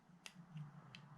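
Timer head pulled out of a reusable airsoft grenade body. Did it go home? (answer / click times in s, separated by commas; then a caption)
released / 0.3 s. A timer head is gripped by its cut-out finger grips and pulled out of the plastic body of a reusable airsoft grenade. It gives a sharp click at 0.3 s, followed by fainter clicks near 0.6 s and 1.0 s over a low hum. The timer head comes free of the body.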